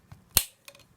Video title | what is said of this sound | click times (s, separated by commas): 42RE Rebuild Part 3 | snaps fully into place | 0.4 s